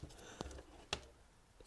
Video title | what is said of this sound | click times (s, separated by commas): Step-by-Step Guide: How to Crimp non Insulated Terminals like a Pro! | same thing again pop it in nice secure click | 0.9 s